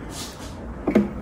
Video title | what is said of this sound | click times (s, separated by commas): Кофемашина Zigmund & Stain Al caffe ZMC-887: Распаковка, обзор и тест, пробую кофе! | Сбоку мы аккуратненько поставим и давим до щелчка. Вот. | 1.0 s